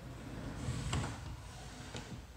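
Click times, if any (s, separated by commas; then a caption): none. A hidden wall-compartment door, a mirror panel on spring hinges, is handled as it is closed toward its wall frame, giving a low rumbling handling noise with two brief soft knocks near 0.9 and 2.0 seconds. The spring-loaded door is meant to lock shut quietly, but it has not seated or clicked into place yet.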